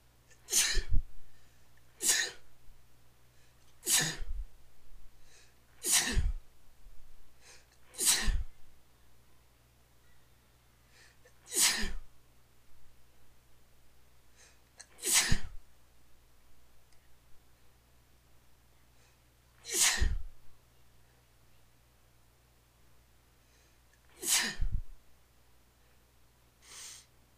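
Repeated sneezes from an adult man in the early morning.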